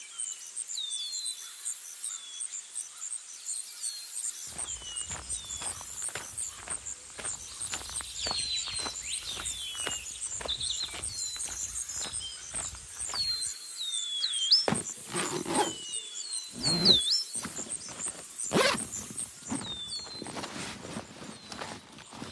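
Walking through a forest: birds chirp and whistle overhead throughout, over a thin, steady high hiss. From about four seconds in, footsteps crunch at an irregular pace, and after fifteen seconds heavier, louder cracks and thumps break through the steps.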